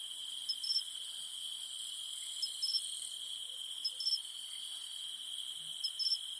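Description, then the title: Cicada: unwavering high-pitched buzz, accented by four brief paired chirps about every two seconds. Cicadas humming at night in the mountains. "In the mountains at night, only the humming of cicadas remains"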